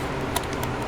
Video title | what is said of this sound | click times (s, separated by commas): MJX Bugs 2 GPS Drone Review, The BEST low-cost brushless GPS drone to date!!! | it just snaps into place and then you got your video of course | 0.4 s